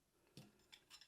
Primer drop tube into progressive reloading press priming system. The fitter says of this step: and that goes down and what you want to do is rotate it until it kind of locks into place you'll feel it fall just like that